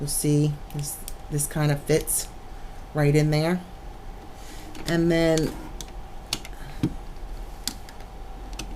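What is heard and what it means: A die-cast model component is handled and fitted toward the small slots on either side of its mounting on the model body, while someone talks. Sharp small clicks and taps of handling sound around 5.8, 6.3, 7.7 and 8.6 seconds. Nothing has seated or clicked yet; the part is not home when the clip ends.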